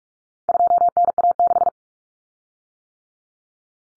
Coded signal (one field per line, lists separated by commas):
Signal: Morse code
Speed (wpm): 44 wpm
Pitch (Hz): 700 Hz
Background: none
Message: 2NA6